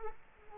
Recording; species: mosquito wingbeat signal from an infrared sensor; Culex quinquefasciatus